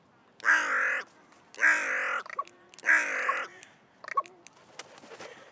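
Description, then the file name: Carrion crow, three harsh hoarse caws about a second apart, then softer clicks and short sounds. "Corvus corone"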